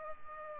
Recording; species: mosquito wingbeat signal from an infrared sensor; Culex pipiens